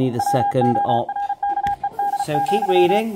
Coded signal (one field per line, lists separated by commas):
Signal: Morse code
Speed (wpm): 36 wpm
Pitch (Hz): 810 Hz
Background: speech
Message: WORKED,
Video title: XIEGU - X6100 - CW DECODE FIXED - Working Well :)Firmware v1.1.5